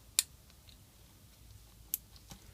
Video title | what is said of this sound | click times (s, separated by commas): HK enabler fitting in 1st generation MINI | and you can hear them clicking and locking in place. | 0.2 s, 1.9 s